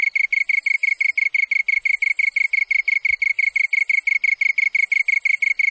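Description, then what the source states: Japanese tree cricket song, an even pulsing trill at a constant pitch, with a high hiss coming in short bursts about every second and a half. Recorded on 27 August 1997.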